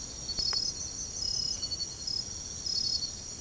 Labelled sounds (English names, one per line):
none